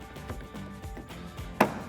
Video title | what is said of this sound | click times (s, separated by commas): 2015-2019 Mustang Raxiom Profile Red Lens LED Tail Lights Review & Install | going to pop right into place on the rackam tail light and now we can go ahead and get this installed on the car | 0.3 s, 1.6 s